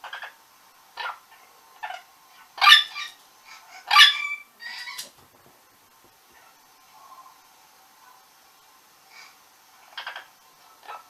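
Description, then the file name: Orange-winged amazon calling in irregular bursts: short chattering notes between two louder, harsh screeches, with quieter squawks trailing off later. "venesuelskii amazon"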